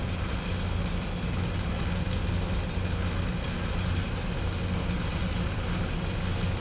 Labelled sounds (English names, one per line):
none